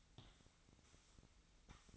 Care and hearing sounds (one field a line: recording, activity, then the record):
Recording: daily activity, microphone in the room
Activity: sweep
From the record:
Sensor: 3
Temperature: 25.2 degrees Celsius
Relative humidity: 38.4%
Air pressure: 1001.6 hPa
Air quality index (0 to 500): 224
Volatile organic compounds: 31 ppm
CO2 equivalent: 2978 ppm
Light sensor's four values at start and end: 11/35/15/13 and 11/35/15/13